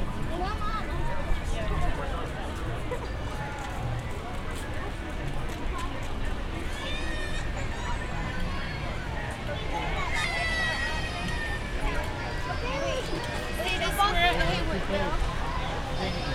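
A walk through Animal Kingdom, filled with a steady crowd of overlapping voices and chatter throughout. The din stays dense and fairly even, with brighter, clearer speech rising briefly around the middle and again near the end.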